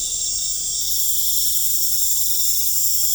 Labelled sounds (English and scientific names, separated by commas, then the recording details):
none
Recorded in pastures near Puerto Asís, Putumayo, Colombia, on 26 December 2024 at 22:00
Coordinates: 0.496, -76.326
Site G004